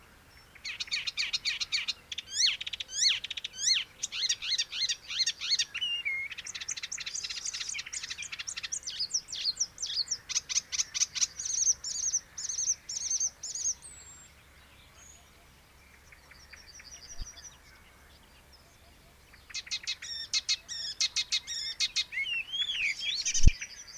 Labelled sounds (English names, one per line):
Icterine Warbler song